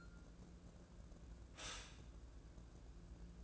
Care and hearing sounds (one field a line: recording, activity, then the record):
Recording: daily activity, microphone in the room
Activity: stop toaster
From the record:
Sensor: 2